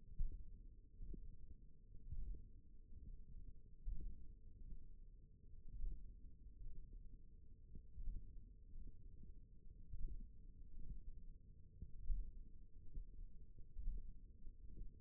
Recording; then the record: forearm muscle sounds (acoustic myography)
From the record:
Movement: hook grip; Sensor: system 1, eight BSWA MPA416 microphones around the upper forearm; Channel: 1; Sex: female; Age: 21 years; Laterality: right